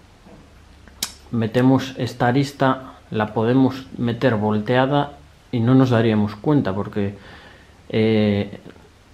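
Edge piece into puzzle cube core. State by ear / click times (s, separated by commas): not seated / none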